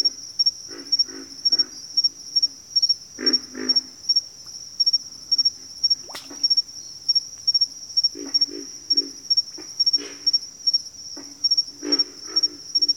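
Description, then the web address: Pig frog grunts come in clustered series of two to four rough croaks, repeated several times. A loud, even insect trill pulses throughout. Recorded in a bayou; several pig frogs calling. "Echoes of Nature - Bayou 02 Pig Frogs"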